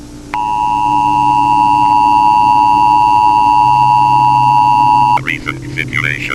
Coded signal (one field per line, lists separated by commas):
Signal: Emergency Alert System (SAME) tones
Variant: 853 and 960 Hz attention tone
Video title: EAS: The Dreamcore Invasion- protect